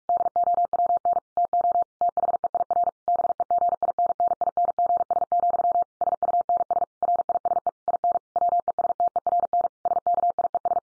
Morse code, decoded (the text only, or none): DOWN TO THEIR BEGINNINGS, SUNS RISE IN WESTERN SKIES